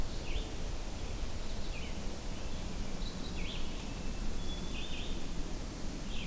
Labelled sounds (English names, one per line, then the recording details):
Red-eyed Vireo song
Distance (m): 70 m
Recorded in boreal forest in Alberta, Canada, on 21 June 2016 at 08:50
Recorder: SongMeter 3, array SBT-6-76
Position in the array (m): 180 m, 88 m